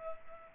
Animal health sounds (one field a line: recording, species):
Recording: mosquito wingbeat signal from an infrared sensor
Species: Culex pipiens